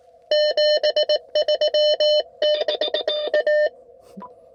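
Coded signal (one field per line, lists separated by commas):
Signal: Morse code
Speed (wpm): 18 wpm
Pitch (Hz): 600 Hz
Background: none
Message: 73 TA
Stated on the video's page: CW Parks on the Air activation from a windy mountain pass, QRP, wire antenna, IC-705 transceiver.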